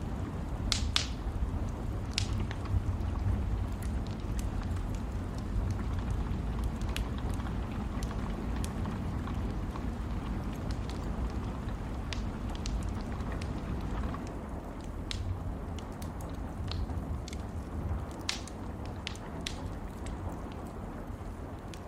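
A fire crackles on a rainy night, sharp pops scattered irregularly over a steady, deep rumbling hiss of rain that holds throughout.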